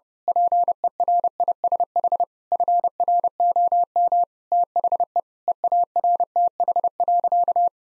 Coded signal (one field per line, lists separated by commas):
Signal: Morse code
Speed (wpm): 30 wpm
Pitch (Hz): 700 Hz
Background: none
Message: PERISH FROM THE EARTH.